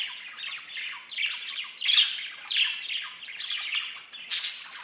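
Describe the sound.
Budgerigar chatter of rapid scratchy chirps and squawks, with a harsh high screech near the end.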